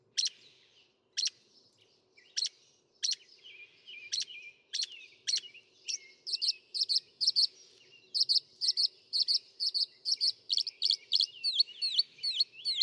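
Northern mockingbird song of sharp clicking notes that speed up into rapid repeated high chips and paired twittering phrases, growing denser toward the end.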